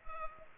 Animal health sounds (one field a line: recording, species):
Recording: mosquito wingbeat signal from an infrared sensor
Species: Culex pipiens